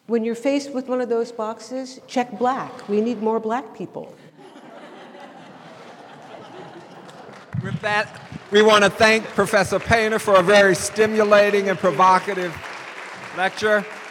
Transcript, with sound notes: When you’re faced with one of those boxes, check black. We need more black people.
(laughter) With that, we wanna thank Professor Painter for a very stimulating and provocative lecture.